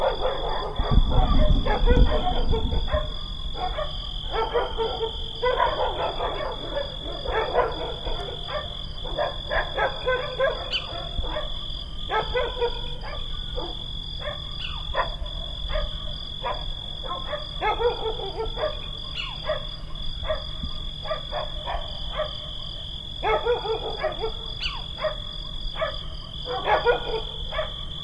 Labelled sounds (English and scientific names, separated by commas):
Little Owl (Athene noctua) call